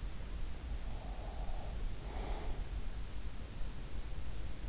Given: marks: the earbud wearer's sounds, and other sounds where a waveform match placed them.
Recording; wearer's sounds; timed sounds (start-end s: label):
sounds in sleep by an in-ear microphone; breath
0.36-3.33 s: breath